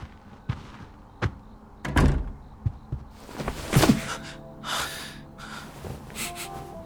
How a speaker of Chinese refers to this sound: 晚上7点，1208的门铃准时响起，许少卿打开门。